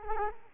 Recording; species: mosquito wingbeat signal from an infrared sensor; Culex quinquefasciatus